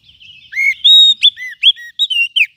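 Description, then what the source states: Lovebird calls: a rapid run of loud, shrill chirps and arched whistled notes with sharp harmonics, faint chatter before them. Lovebird call used as a lure to attract lovebirds.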